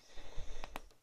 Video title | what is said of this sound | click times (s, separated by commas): Review FR - Gundam MSIA - Strike Rouge | comme ça c'est bien verrouillé à ces deux points | 0.6 s, 0.8 s